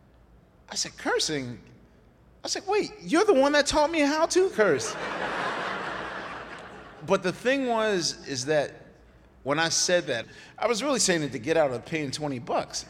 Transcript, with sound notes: I said cursing? I was like, wait. You're the one that taught me how to curse.
(LAUGHTER)
But the thing was is that when I said that, I was really saying it to get out of paying 20